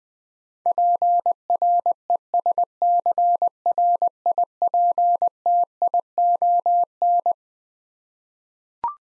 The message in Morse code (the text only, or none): PRESCRIPTION